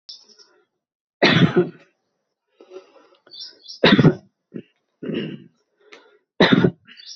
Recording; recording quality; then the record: heavy voluntary cough; excellent, no background noise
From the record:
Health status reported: healthy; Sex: male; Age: 60 years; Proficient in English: yes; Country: India